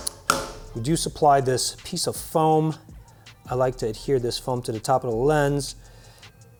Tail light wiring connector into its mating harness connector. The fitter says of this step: snap them together makes a little click noise